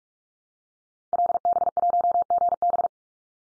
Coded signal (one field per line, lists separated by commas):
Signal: Morse code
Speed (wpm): 44 wpm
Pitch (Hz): 700 Hz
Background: none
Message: LB1GB